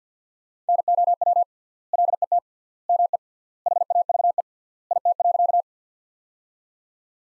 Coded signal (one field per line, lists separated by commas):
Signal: Morse code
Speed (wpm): 50 wpm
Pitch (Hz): 700 Hz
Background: none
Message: NOW LET ME HAVE IT.